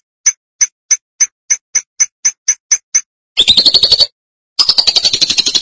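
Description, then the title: Lovebird calls: eleven short high chips repeated about four times a second, then two bursts of fast, buzzy, shrill chattering. "BM Suara Burung Lovebird"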